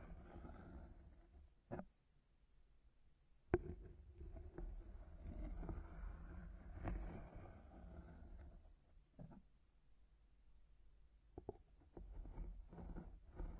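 Plants are rubbed and circled around the ears, making a deep, muffled rumbling swish with soft leafy crackle on top. The rubbing comes in long passes broken by short quiet gaps near 2–3 and 9–11 seconds, with sharp brushing snaps at the starts of passes.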